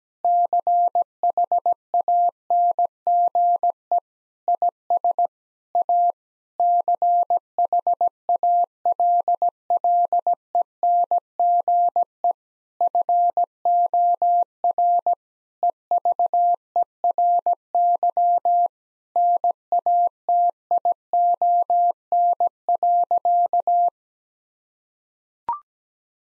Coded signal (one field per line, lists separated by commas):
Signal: Morse code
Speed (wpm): 17 wpm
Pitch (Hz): 700 Hz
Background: none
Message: CHANGE IS A CHALLENGE FOR EVERY NATION.